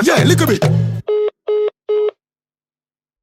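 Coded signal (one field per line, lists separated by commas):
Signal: none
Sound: music track beeps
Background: speech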